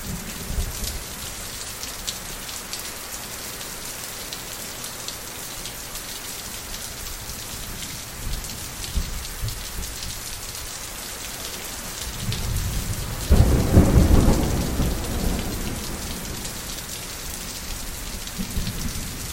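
Steady rain falls throughout, a dense hiss of drops spread across the highs with a constant patter on surfaces. Around twelve to fifteen seconds a low rumble of thunder swells and fades, with a fainter rumble returning near the end.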